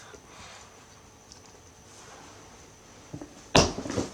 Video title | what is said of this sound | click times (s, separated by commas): How To Convert Vintage Louis Vuitton Clutches Or Toiletry Into Crossbody Handbags - WHAT TOOLS I USE | okay you heard that click there okay so i'm just gonna | 3.6 s